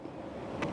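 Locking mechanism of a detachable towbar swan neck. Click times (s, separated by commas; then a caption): 0.6 s. On a Volkswagen T6 California Beach, the locking handle of a Westfalia detachable towbar's metal swan neck, removed from the vehicle, is pulled out and twisted. Over a low, steady background rumble, a sharp click sounds at 0.6 s as the mechanism seats into its armed position, ready to be refitted.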